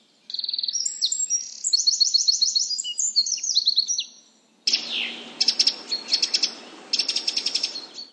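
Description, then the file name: Eurasian wren song: a loud, rapid outpouring of high trills and sharp twittering notes in two bursts, the second rattling with buzzy, fast-repeated phrases. "Zaunkoenig"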